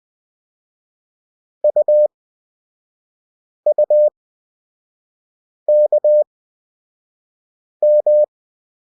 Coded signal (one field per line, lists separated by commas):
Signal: Morse code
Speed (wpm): 20 wpm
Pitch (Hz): 600 Hz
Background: none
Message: UUKM